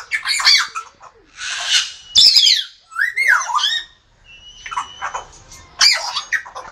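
Grey parrot calls mixing harsh rasping squawks, a falling whistle and a couple of thin steady whistled tones, in spaced bursts.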